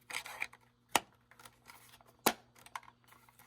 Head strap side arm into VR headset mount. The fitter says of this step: The other side, Same deal. Hear a clicking sound.